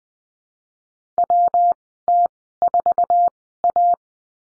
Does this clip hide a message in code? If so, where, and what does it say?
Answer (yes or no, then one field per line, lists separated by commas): yes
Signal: Morse code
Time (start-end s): 1.2-3.9 s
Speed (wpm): 20 wpm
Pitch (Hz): 700 Hz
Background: none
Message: WT4A